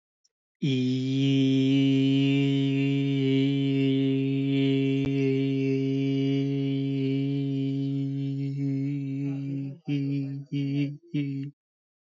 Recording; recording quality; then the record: sustained vowel as in beet; excellent, no background noise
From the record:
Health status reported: healthy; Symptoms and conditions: breathing difficulty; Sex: male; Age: 25 years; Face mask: not worn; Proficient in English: yes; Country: India